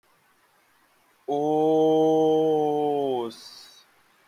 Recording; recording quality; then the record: sustained vowel as in boot; excellent, no background noise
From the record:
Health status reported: healthy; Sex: male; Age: 25 years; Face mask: not worn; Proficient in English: no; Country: India